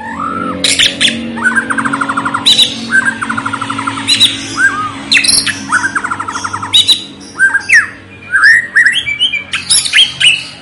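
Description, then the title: White-rumped shama song: a rich, varied run of rattling buzzy trills mixed with sharp high chips and short rising whistles, over a steady low hum. Constantly singing (gacor) white-rumped shama; lure recording meant to make a listening bird respond and sing. "MURAI BATU GACOR"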